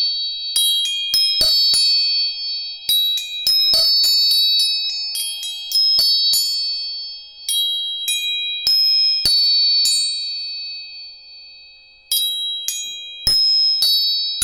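Tuning forks are struck again and again, each sharp metallic tap followed by a clear, high, bell-like tone that rings on and slowly fades. Strikes come in irregular clusters, sometimes several in quick succession, with brief pauses between. The setting is otherwise quiet.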